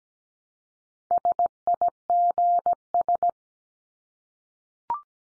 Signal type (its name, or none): Morse code